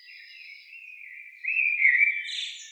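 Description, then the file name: Common blackbird giving a brief fluted phrase, a soft sustained whistle swelling into a louder rich note and a higher squeaky ending. "Turdus merula"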